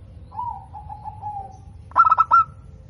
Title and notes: PERKUTUT LOKAL GACOR Suara KRISTAL LANTANG. Kicau Burung Perkutut